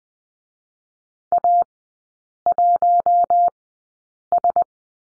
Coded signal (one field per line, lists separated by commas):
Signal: Morse code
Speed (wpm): 20 wpm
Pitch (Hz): 700 Hz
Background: none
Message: A1S